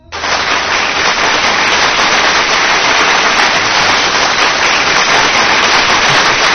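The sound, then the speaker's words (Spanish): Loud, dense applause from a large crowd, a steady crackling wash of many hands clapping that starts abruptly and holds at an even level throughout, with no voices. “Espero que hayas disfrutado de tus aplausos y creo que en serio te los mereces.”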